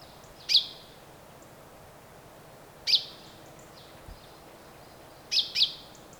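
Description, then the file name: Common chaffinch calls: sharp high notes repeated every two to three seconds, the last given as a quick double, over steady low background noise. "Fringilla coelebs"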